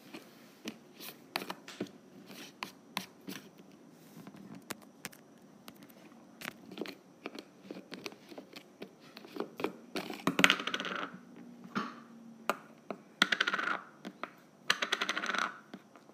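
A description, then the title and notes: A lid being unscrewed, heard as a series of short clicks and scrapes scattered across the clip. The sounds are sparse and quiet at first, then grow denser and louder after about ten seconds, with longer grinding twists near the end. ASMR Lid Unscrewing.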